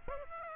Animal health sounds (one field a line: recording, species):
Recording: mosquito wingbeat signal from an infrared sensor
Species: Aedes aegypti